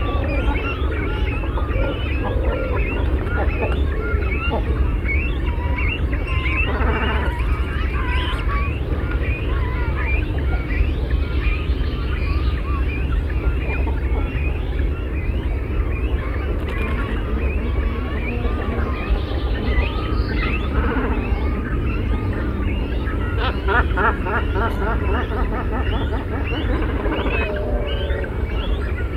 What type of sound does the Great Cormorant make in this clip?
call